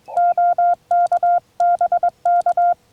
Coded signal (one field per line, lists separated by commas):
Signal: Morse code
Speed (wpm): 21 wpm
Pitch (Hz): 700 Hz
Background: none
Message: OK BK